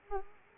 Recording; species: mosquito wingbeat signal from an infrared sensor; Anopheles arabiensis